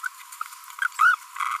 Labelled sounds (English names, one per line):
Green-rumped Parrotlet babbling